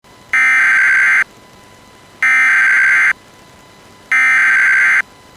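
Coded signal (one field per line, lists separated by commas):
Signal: Emergency Alert System (SAME) tones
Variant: header bursts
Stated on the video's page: Arizona Department of Public Safety administrative message issuing a Silver Alert for Maricopa County.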